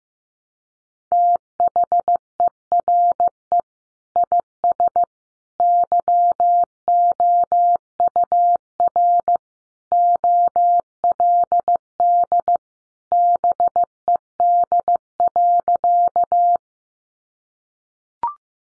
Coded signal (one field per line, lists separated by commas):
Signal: Morse code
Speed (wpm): 15 wpm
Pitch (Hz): 700 Hz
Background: none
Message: THERE IS YOUR OLD BED.